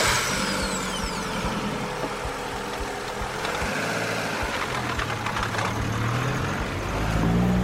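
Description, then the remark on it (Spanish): A car engine runs steadily with a low, rough rumble and faint rhythmic ticking, its tone swelling slightly toward the end as the car, coming from a neighbouring village to pick someone up, pulls up. No one speaks. “Ana, del pueblo vecino, 58 años, soltera, habitante 14 de un municipio de 15, viene a buscarla en su coche”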